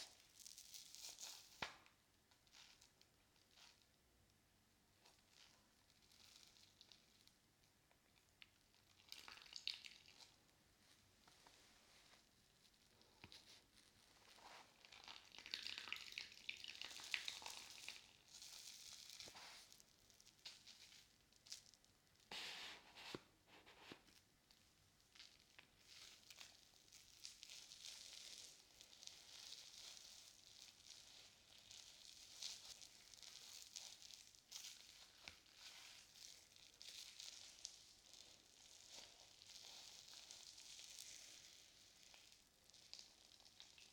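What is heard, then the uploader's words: A soapy sponge fizzes and crackles, a dense, bright hiss of popping foam that runs throughout. Wetter squeezes and squelches swell around the ten-second mark, again near sixteen to eighteen seconds and briefly near twenty-three, before settling into steady fizzing. ASMR Binaural Sounds Water Soap Sponge.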